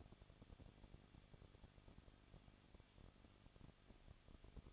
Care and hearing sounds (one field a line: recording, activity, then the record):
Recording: daily activity, microphone in the room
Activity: no activity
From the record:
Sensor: 4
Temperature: 23.1 degrees Celsius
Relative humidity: 34.3%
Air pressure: 1007.2 hPa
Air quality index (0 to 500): 215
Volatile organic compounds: 15 ppm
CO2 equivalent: 2490 ppm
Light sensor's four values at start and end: 2/3/1/1 and 2/3/1/1